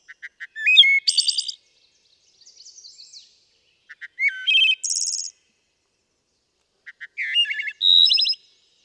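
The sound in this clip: Wood thrush song phrases repeated about every three seconds, each with soft opening notes, a flute-like warble and a ringing high trill.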